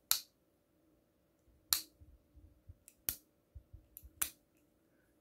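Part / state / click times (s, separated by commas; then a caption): revolver hammer engaging sear notches in the frame / seated / 0.1 s, 1.7 s, 3.1 s, 4.2 s. The steel hammer of an early three-screw Ruger Single Six single-action revolver is slowly drawn back, and the sear clicks into each notch in the frame. Four sharp metallic clicks land at 0.1, 1.7, 3.1 and 4.2 seconds, with faint quieter ticks in between. On the fourth click the hammer locks at full cock.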